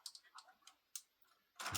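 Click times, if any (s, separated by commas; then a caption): 1.0 s. A bent wire is straightened and pushed into the push-in terminal of a modular circuit breaker until it clicks in and seats at 0.96 s. Several light ticks come before it, and a loud broadband rustle fills the end of the clip.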